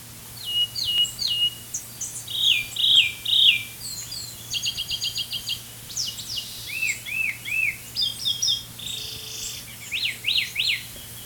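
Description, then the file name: White-eyed thrush song: a varied run of high whistled, slurred and buzzy phrases, each different, over a steady low hum. "White-eyed-Thrush-song Robert-L -Sutton"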